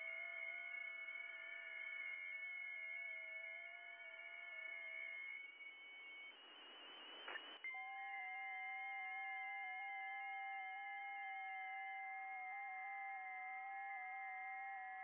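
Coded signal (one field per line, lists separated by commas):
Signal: FT8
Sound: several overlapping steady warbling tones stepping slowly in pitch, a short hiss break midway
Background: radio static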